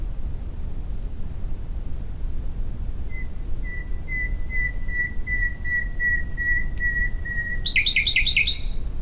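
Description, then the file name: Common nightingale song: a steady row of soft, pure whistled notes, ending in a fast loud rattling trill; low background noise. "Luscinia megarhynchos"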